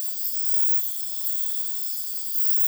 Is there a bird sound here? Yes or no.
no